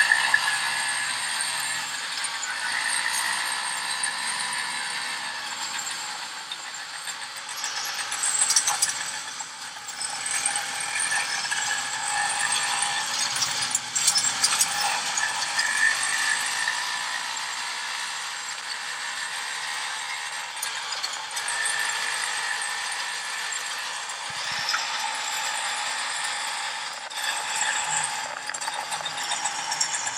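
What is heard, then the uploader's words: A tuktuk ride with a steady, rattling mechanical clatter, bright and busy throughout, with brief louder bumps near nine and fifteen seconds. The audio is of the tuktuk ride i took few weeks back in mumbai, india.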